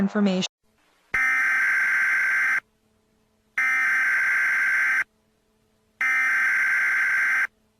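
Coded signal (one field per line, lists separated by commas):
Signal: Emergency Alert System (SAME) tones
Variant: header bursts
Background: speech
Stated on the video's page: Fictional EAS scenario.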